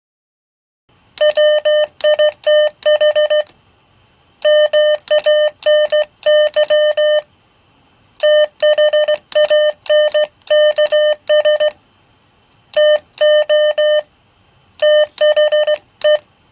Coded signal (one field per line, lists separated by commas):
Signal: Morse code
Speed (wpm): 14 wpm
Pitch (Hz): 600 Hz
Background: none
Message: WITH MANY THANKS TO THE